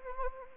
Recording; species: mosquito wingbeat signal from an infrared sensor; Anopheles arabiensis